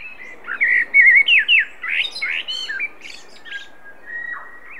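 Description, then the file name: Common blackbird song: a quick run of clear, slurred whistles, then a high scratchy twitter and a final soft, drawn-out whistle. "Turdus merula"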